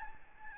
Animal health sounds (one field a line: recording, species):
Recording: mosquito wingbeat signal from an infrared sensor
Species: Aedes albopictus